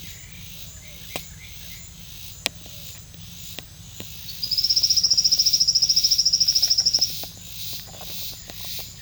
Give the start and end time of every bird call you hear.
[0.80, 1.96] bird call (1.5-3.0 kHz)

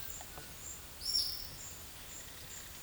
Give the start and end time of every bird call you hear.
[0.98, 1.67] bird call (3.0-6.1 kHz)

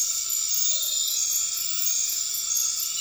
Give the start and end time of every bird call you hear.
[0.00, 1.03] bird call (0.3-0.9 kHz)

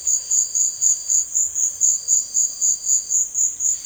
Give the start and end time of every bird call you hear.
[0.00, 1.89] bird call (1.3-4.2 kHz)

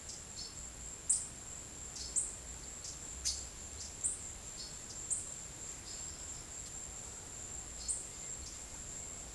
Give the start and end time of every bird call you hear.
[1.03, 1.41] bird call (5.0-10.3 kHz)
[2.02, 2.35] bird call (4.5-10.8 kHz)
[3.17, 3.58] bird call (2.9-9.6 kHz)
[3.96, 4.21] bird call (6.6-10.1 kHz)
[5.09, 5.38] bird call (5.6-9.9 kHz)
[7.78, 8.10] bird call (3.8-9.7 kHz)

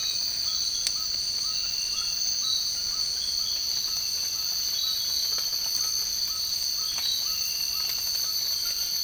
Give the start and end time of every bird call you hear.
[0.46, 9.03] bird call (0.8-1.8 kHz)

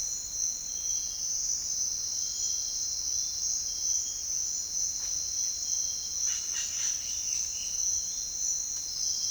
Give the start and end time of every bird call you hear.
[6.11, 7.23] bird call (1.0-4.4 kHz)

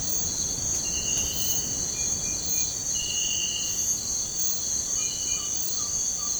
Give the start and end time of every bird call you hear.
[4.94, 5.07] bird call (1.1-1.7 kHz)
[5.33, 6.29] bird call (0.8-2.0 kHz)

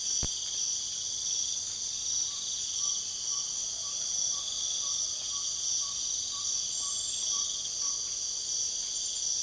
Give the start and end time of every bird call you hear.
[2.22, 8.04] bird call (0.7-1.5 kHz)

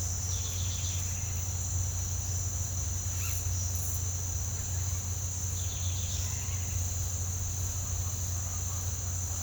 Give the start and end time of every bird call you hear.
[0.27, 1.65] bird call (1.5-5.0 kHz)
[5.45, 6.32] bird call (3.1-5.1 kHz)

